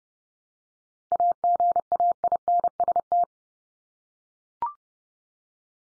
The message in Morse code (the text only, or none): AGAINST